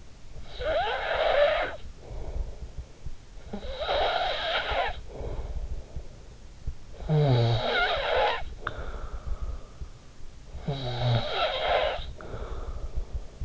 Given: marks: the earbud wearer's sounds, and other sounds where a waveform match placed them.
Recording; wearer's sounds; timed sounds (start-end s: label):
sounds in sleep by an in-ear microphone; snoring breath
0.14-6.48 s: snoring breath
6.65-9.97 s: snoring breath
10.23-13.45 s: snoring breath